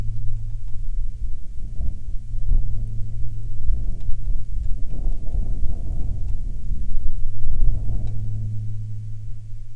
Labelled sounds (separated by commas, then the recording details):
wind, rain, aircraft
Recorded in the Prudhoe Bay oil fields, Alaska, on 30 July 2019 at 13:37
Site 13